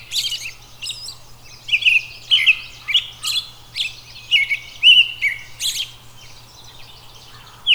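Robin song: a rapid run of high, varied chirps and short warbled phrases, with brief pauses between bursts, over a steady low hum.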